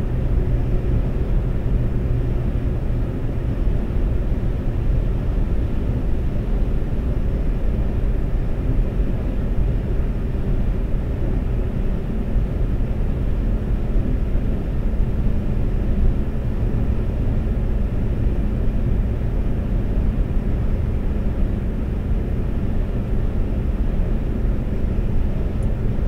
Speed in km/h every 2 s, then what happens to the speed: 130, 130, 130, 130, 130, 130, 130, 130, 130, 130, 130, 130, 130.
0-26 steady at about 130.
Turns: none.